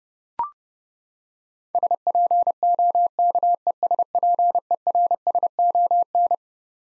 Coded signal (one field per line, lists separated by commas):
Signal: Morse code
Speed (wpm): 30 wpm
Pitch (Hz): 700 Hz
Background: none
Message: SPOKESPERSON